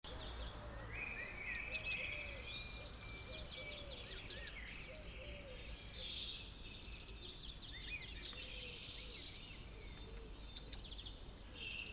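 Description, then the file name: Eurasian blue tit giving four separated phrases, each opening with a sharp, very high downward note that runs into a quick, thin rattle, with quieter chatter between. "Cyanistes caeruleus"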